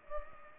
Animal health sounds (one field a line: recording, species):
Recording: mosquito wingbeat signal from an infrared sensor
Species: Culex pipiens